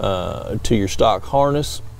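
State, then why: Not seated. A Fleece wiring harness extension connector from a CP3 pump conversion (replacing a CP4 pump) is being handled for connection into the stock engine harness. Someone talks over a steady low hum. Nothing has seated or clicked yet.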